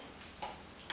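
A smartphone is pressed into the rose gold metal protective frame of a folio-style phone cover. Two short ticks sound at 0.4 s and 0.9 s as the phone pops in easily and seats in the frame.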